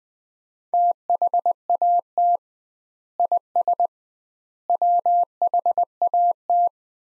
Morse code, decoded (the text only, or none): THAT IS WHAT